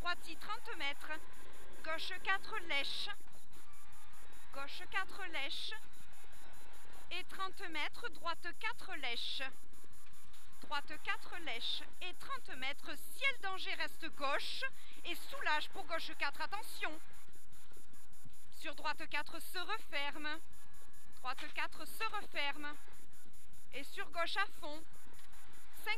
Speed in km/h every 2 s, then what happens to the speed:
75, 91, 103, 80, 80, 82, 79, 91, 83, 73, 77, 82, 99.
0-5 speeds up to 103. 5-12 slows to 79. 12-14 speeds up to 91. 15-19 brakes to 73. 19-26 speeds up to 99.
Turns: none.